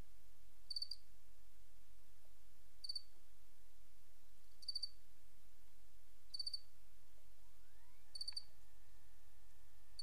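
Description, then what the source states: Cricket giving short pulsed chirps about every two seconds, with a faint rising whine near the end and constant background hiss. 28 August 2007; white-noise crickets.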